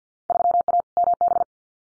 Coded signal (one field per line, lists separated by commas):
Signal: Morse code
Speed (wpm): 48 wpm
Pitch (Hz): 700 Hz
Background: none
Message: 3A MB